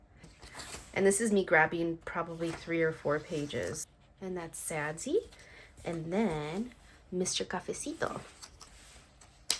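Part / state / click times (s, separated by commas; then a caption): page clip or marker onto a bundle of planner pages / seated / 9.5 s. Someone talks while gathering three or four planner pages and pushing a page clip or marker onto the bundle. It snaps into place with a sharp click at 9.5 s.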